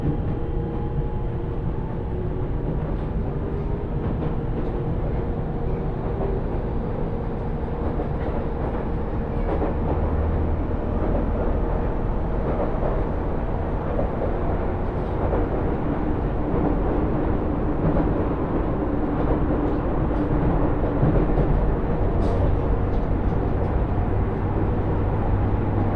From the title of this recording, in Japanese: 鉄道旅 あおなみ線・東山線 金城ふ頭→荒子・高畑→名古屋